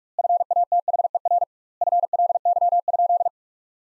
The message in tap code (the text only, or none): none